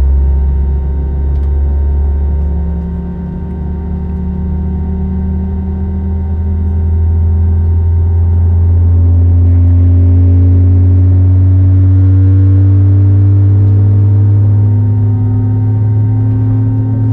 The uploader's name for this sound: Takeoff At SJC